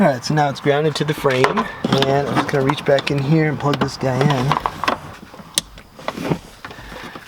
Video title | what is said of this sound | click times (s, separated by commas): Trailer Hitch Install on 2016 Subaru XV Crosstrek | all right got a click and it's plugged in and the next thing to do is put this in inline fuse in place | 5.6 s